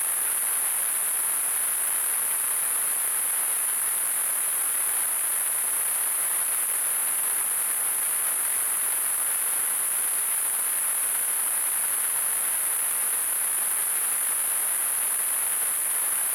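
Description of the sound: Simulated tinnitus: a steady, continuous high-pitched hiss concentrated around 8–10 kHz over a softer broadband noise, unchanging throughout.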